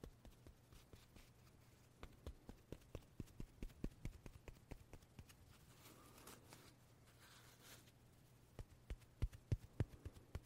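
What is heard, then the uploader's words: A soft puff of breathy air rises around six seconds and fades by eight, set against a steady low hum. Quick sharp clicks tap throughout in an uneven clip-clop rhythm, growing louder and more spaced near the end. 말없이 퍼프 소리만, 가득 담아봤어요 puff sound no talking asmr.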